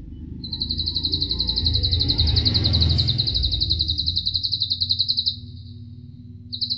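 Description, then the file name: Atlantic canary song: a long, fast high-pitched trill held for about five seconds, then a fresh trill starting, with a low rumbling noise swelling in the background. Canary singing in the Cililin song style, used as fill (isian) material for training songbirds. "suara kenari isian cililin omkicau"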